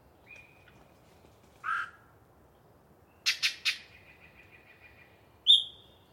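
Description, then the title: Yellow-breasted chat song: a varied mix of a flat whistle, a harsh note, three quick rattled chucks and a high clear note, separated by pauses. Long pre-dawn song from a particularly chatty bird in deciduous cover. "A Very Chatty Yellow-breasted Chat"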